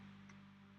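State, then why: Seated. A stationery item is put back onto a small plastic retaining peg in a stationery case and snaps into place, giving one short, quiet click at 0.3 s over a steady low hum. The item is seated on the peg, held securely but not hard to unsnap.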